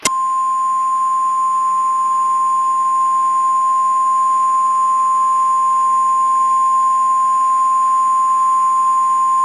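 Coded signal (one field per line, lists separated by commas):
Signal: Emergency Alert System (SAME) tones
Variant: 1050 Hz attention tone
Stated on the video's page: Fictional EAS mock, not a real broadcast; may contain valid EAS tones.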